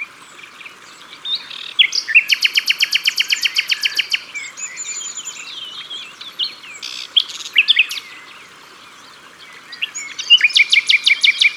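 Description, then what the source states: Common nightingale singing a long run of loud, evenly repeated chopped notes, then varied whistles and a closing fast rattle. Sung at the water's edge.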